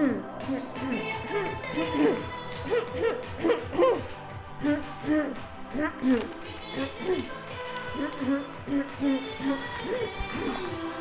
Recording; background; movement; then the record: throat clearing; music; walking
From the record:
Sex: female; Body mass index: 21.8 kg/m2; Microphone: on the chest, facing outward